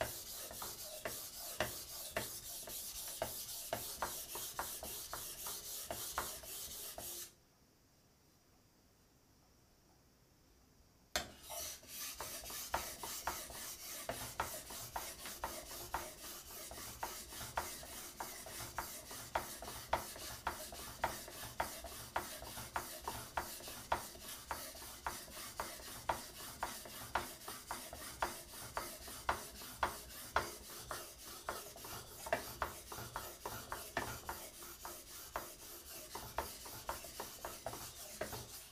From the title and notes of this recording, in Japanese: 環境音 久しぶりの包丁研ぎ。3本研いで少し疲れました。